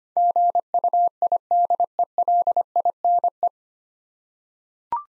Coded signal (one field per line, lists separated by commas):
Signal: Morse code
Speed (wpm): 25 wpm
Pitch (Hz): 700 Hz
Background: none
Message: GUIDELINE